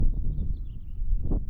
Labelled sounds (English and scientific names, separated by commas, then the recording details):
House Finch (Haemorhous mexicanus) song
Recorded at Point Lookout on Long Island, New York, on 2 June 1975
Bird C